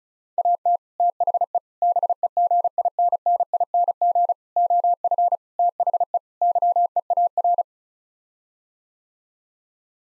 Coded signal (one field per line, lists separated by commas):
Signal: Morse code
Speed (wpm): 36 wpm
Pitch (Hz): 700 Hz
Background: none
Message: AT THE BEGINNING OF THE YEAR